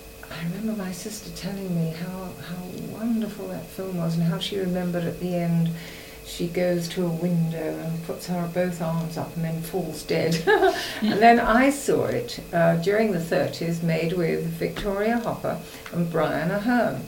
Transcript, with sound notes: I remember my sister telling me how wonderful that film was and how she remembered at the end, she goes to a window and puts both arms up and then falls dead! [laughs] And then I saw it, eh, during the thirties made with Victoria Hopper and Brian Aherne.